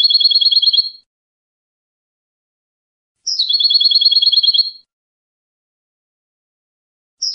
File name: audio burung goldfinch